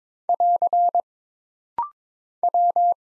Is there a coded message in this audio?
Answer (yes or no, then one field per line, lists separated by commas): yes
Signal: Morse code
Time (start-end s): 0.3-2.9 s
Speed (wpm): 22 wpm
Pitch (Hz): 700 Hz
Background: none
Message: <AR> W